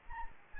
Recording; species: mosquito wingbeat signal from an infrared sensor; Anopheles gambiae